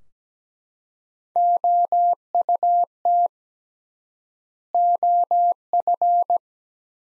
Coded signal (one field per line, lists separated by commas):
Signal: Morse code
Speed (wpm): 17 wpm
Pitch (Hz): 700 Hz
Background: none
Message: OUT OF